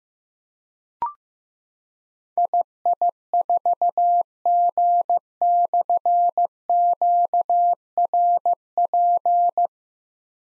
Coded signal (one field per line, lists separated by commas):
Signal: Morse code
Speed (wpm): 15 wpm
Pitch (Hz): 700 Hz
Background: none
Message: II4G/QRP